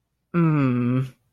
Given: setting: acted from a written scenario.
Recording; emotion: vocal sound without words; embarrassment